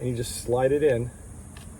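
Someone talks while pinching the tapered spring-button latches on an 18-inch silt net frame and sliding it into a metal telescopic pool pole. A brief soft sound occurs near 1.6 s, but nothing has seated or clicked yet; the buttons have not popped out and the pole is not locked.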